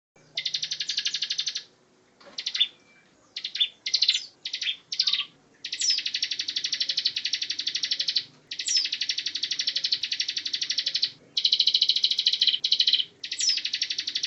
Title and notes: Ciblek Ngebren Untuk Masteran Murai Batu. Suara burung ciblek